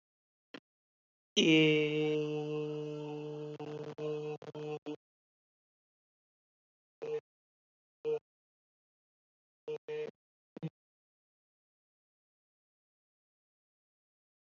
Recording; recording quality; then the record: sustained vowel as in made; excellent, no background noise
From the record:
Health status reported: healthy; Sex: male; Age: 30 years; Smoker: yes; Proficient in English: yes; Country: India